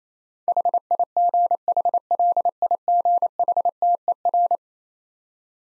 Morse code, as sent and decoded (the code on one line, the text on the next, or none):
.... .. --. .... .-.. .. --. .... - . .-.
HIGHLIGHTER